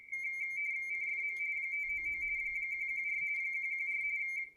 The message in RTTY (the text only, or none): CFM 599 114 114